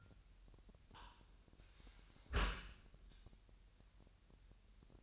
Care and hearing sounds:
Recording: daily activity, microphone in the room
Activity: close dishwasher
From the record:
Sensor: 2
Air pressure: 998.1 hPa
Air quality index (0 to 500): 148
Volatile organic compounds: 4 ppm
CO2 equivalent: 1672 ppm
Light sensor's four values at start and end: 10/29/11/11 and 10/29/11/11

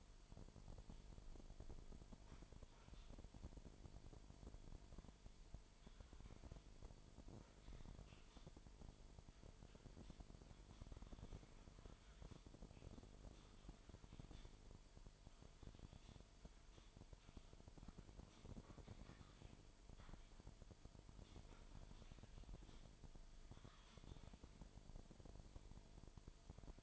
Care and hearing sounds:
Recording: daily activity, microphone in the room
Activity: typing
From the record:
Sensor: 5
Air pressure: 1002.1 hPa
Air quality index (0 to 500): 228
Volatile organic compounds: 30 ppm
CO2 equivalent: 2960 ppm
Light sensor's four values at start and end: 10/24/10/11 and 10/24/10/11

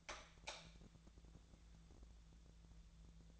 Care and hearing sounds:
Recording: daily activity, microphone in the room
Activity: light on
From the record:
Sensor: 3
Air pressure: 1000.0 hPa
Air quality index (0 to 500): 124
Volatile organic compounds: 2 ppm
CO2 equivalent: 1106 ppm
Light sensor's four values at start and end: 37/94/40/44 and 39/103/43/47

